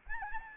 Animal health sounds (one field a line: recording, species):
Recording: mosquito wingbeat signal from an infrared sensor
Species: Aedes albopictus